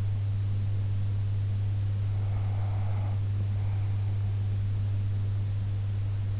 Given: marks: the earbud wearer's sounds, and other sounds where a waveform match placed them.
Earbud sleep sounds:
sounds in sleep by an in-ear microphone; breath
2.08-4.11 s: breath

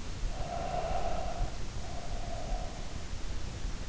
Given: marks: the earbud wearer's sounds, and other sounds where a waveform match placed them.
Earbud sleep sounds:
sounds in sleep by an in-ear microphone; breath
0.11-3.03 s: breath

